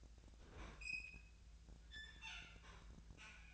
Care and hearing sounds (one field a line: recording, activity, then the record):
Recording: daily activity, microphone in the room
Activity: open fridge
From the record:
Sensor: 2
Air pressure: 1009.6 hPa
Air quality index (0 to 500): 183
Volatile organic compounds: 11 ppm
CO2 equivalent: 2284 ppm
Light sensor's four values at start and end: 27/65/28/31 and 27/65/28/31